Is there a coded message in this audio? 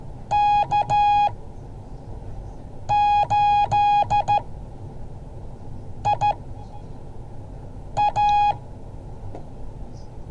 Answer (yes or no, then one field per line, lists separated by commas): yes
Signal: Morse code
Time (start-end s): 0.3-8.5 s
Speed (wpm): 14 wpm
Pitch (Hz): 830 Hz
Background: none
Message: K8IA